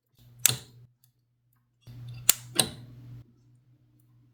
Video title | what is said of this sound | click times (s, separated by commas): NVIDIA RTX 5090 Astral vs RTX 4090 FE - Benchmark & Comparison | Connect the 12 VHPWR adapter and listen for a click. | 0.5 s, 2.3 s